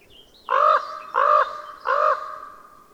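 Bird cawing three times in quick succession, each caw loud, harsh and slightly drawn out, about two-thirds of a second apart.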